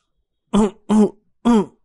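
Three harsh, forceful coughs burst out in quick succession, each loud and rasping with a throaty, strained edge, separated by brief pauses, from a man coughing from smoking a cigarette while driving a car on a highway.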